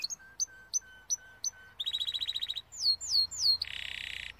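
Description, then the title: Timbrado canary song beginning with spaced high notes over a soft low whistle, then a rapid trill, several sweeping notes and a buzzy roll. Timbrado canary breed song in a training video. "Canary Bird Singing - Timbrado training video"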